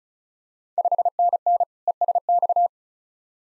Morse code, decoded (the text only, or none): 5NN ESX